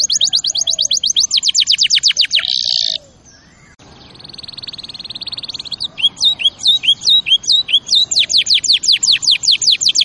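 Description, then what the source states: Canary song: fast trills of steep down-sweeping notes, a buzzy burst, a pause, then a level rattling trill and rising upswept whistles repeated rapidly. Champion canary song used as a master recording for training other birds.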